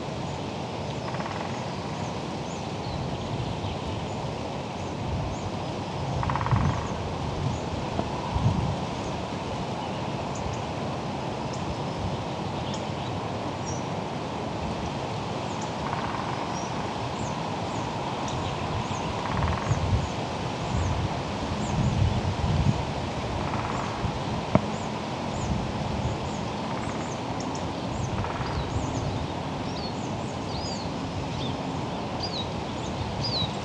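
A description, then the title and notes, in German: Woodpeckers in a forest about 150 meters off, heard as brief drumming rolls near 6, 16, 19, 24 and 28 seconds. A steady, dense rushing noise fills the low end throughout, with faint short high chirps scattered across the recording. Spechte in einem vielleicht 150 Meter entfernten Wald.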